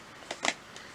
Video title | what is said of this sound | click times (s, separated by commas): My tarte Custom Kit Unboxing | there we go it clicks into place | 0.5 s